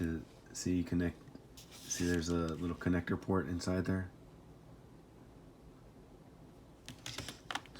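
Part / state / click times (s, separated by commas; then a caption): toy component into the robot's connector port / seated / 7.5 s. A plastic piece of a die-cast and plastic robot toy is pushed into a small connector port while someone talks. After the talking stops, a few light taps and clicks are heard, and the piece clicks into the port at 7.5 seconds and seats.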